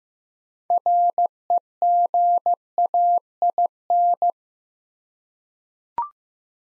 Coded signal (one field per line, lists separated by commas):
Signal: Morse code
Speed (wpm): 15 wpm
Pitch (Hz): 700 Hz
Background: none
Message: REGAIN